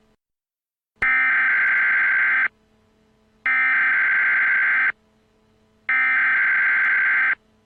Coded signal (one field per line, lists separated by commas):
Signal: Emergency Alert System (SAME) tones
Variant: header bursts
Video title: [EAS Mock] Error